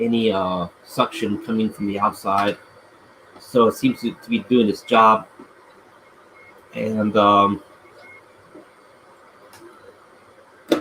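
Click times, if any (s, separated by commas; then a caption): 10.7 s. Someone talks while a 3D-printed part with a slight inner draft is pushed over the top of a DIY vacuum forming machine. A sharp hit sounds at 10.7 s as the part fits around the top and locks into place. It is more a friction lock with a little bit of grab than a distinct click.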